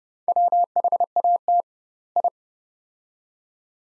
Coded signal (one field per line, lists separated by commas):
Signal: Morse code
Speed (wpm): 30 wpm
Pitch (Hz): 700 Hz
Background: none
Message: WHAT I